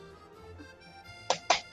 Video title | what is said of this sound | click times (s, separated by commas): LEGO LIVE - Bricklink Parisian Street - part 3 | such a satisfying click with leg wasn't it | 1.3 s, 1.5 s